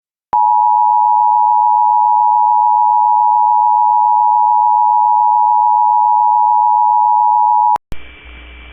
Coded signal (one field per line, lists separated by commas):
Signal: Emergency Alert System (SAME) tones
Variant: 853 and 960 Hz attention tone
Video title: EAS Child Abduction Emergency (AMBER Alert) Jacksonville, North Carolina (At 2 AM)